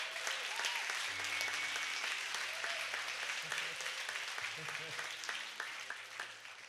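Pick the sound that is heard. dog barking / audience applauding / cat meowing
audience applauding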